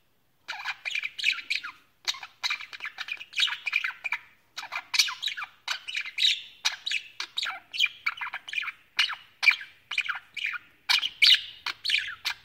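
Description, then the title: Budgerigar chattering song: dense bursts of scratchy, warbled chirps in short phrases separated by tiny gaps. "Budgie Sounds"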